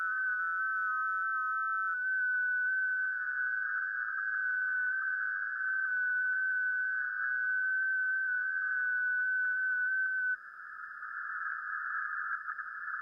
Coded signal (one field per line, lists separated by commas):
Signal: FT8